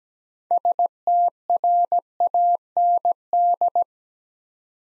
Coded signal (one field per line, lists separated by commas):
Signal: Morse code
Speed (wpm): 17 wpm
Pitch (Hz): 700 Hz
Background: none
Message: STRAND